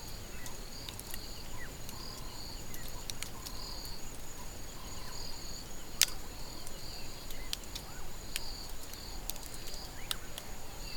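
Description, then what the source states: Caterpillar eating sounds, sparse crackling clicks with one loud snap midway, while a high insect chorus pulses steadily and a quieter lower drone continues. Several caterpillars eating marula.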